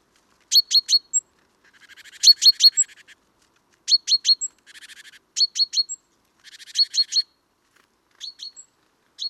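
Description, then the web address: Great tit calls: rapid bursts of three or four sharp ticking notes with a brief high whistle, mixed with softer buzzy churring rattles, repeating every second or two. "SETE data Parus major"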